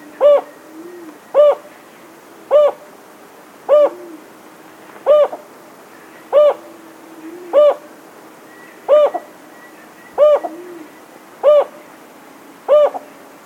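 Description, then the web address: Jocotoco antpitta giving a long series of low, hollow hoots, about eleven notes repeated steadily every 1.2 seconds, with faint soft cooing notes between some of them. Recorded in South America. "Natures Songs S America Jocotoco Antpitta"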